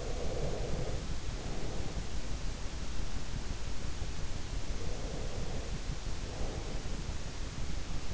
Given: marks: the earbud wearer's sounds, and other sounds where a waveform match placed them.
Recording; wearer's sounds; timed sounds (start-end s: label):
sounds in sleep by an in-ear microphone; breath
0.00-2.45 s: breath
4.56-7.24 s: breath